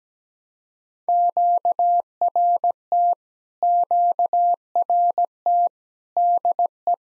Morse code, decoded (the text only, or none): QRT QRT DE